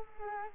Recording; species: mosquito wingbeat signal from an infrared sensor; Culex quinquefasciatus